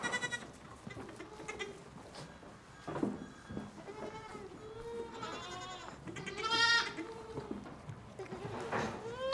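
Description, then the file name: Sheep: lambs bleating, many overlapping wavering bleats of varied pitch, some high and strained, calling almost continuously. Lambs in a goat barn. "goat barn ambience lambs"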